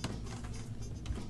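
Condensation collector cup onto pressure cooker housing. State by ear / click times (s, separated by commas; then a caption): seated / 0.0 s. A plastic condensation collector cup is pushed onto the side of the housing of a Beizuzu 9-in-1 Electric Pressure Cooker and snaps into place with a sharp click at 0.0 s. A second short transient follows at 1.1 s over low background noise, and the cup is seated.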